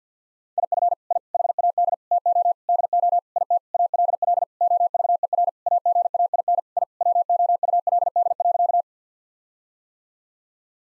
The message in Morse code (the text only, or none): IF I HAD TO DO IT ALL OVER AGAIN I WOULD.